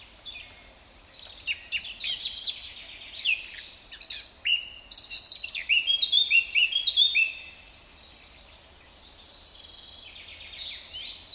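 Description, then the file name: Eurasian blackcap song: quick, varied phrases of bright whistles and chatter, rising to a loud flourish, then soft background twittering. "Sylvia atricapilla"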